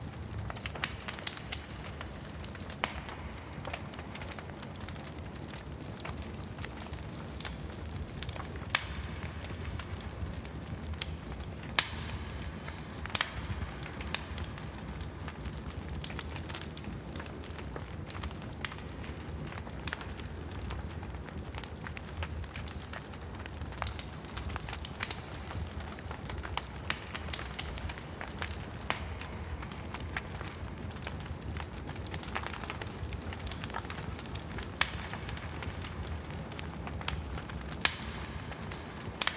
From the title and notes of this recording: Campfire. Vernal nightime camp out nightime warmth.